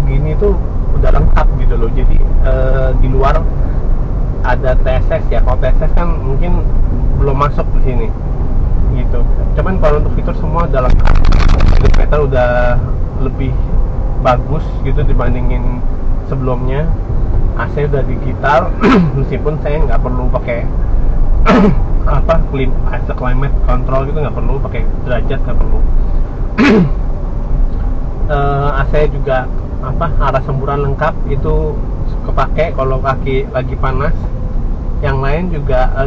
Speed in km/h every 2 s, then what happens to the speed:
40, 40, 40, 40, 39, 36, 34, 37, 40, 39, 41, 40, 38, 40, 39, 37, 35, 35.
0-27 steady at about 40.